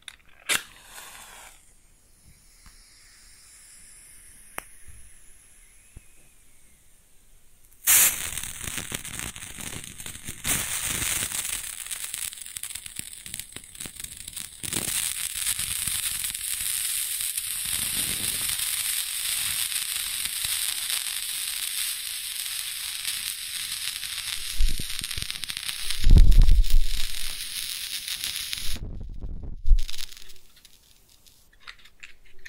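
A match is lit close up and burns. The first eight seconds hold only scattered faint ticks, then a sudden strike brings a steady bright hiss with dense crackling for about twenty seconds, with a low thump near 26 seconds before it cuts out around 29 seconds.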